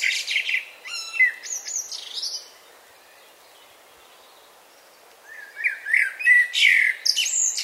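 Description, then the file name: Common blackbird song phrases: a burst of fluted notes and high chittering at the start, a long quiet gap, then more mellow warbling ending in squeaky twitters. "Turdus merula"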